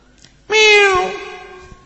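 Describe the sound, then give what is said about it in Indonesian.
A single drawn-out kitten meow, high-pitched and clear, lasting about a second and sliding slightly downward as it fades, heard on its own with no talking, from a kitten that came into Raudhah during a religious study gathering. “Ada kucing, Masya Allah. Dari mana ini kucing ini?”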